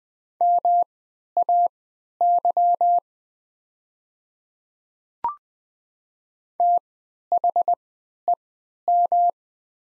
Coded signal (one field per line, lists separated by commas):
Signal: Morse code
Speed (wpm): 20 wpm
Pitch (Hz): 700 Hz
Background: none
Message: MAY THEM